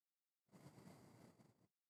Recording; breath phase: one breath near a microphone; exhalation